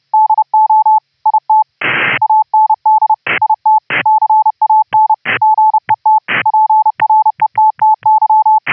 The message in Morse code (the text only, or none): DO IT AND IT CAN GET PRETTY